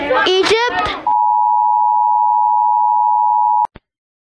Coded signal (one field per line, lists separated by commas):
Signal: Emergency Alert System (SAME) tones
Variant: 853 and 960 Hz attention tone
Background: speech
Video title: Rating the LOUDEST EAS Alarms on EARTH (INCLUDING THE 90’s)